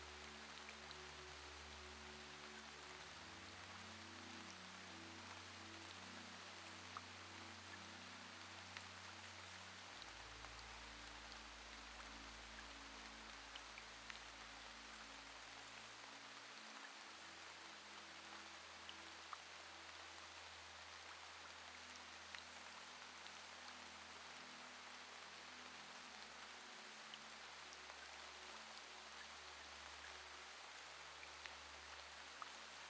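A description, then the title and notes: Steady, dense rain hiss fills the whole clip, bright and even with no pauses. Underneath, soft low sustained music tones hold long notes that shift pitch every few seconds, around 10, 17 and 26 seconds, gentle and far back. The calm soothing white noise from the rain and soft music.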